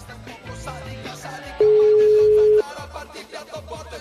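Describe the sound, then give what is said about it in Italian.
A telephone rings with one loud, steady electronic tone lasting about a second, sounding over a busy musical background. “Suona il telefono della Zanzara.”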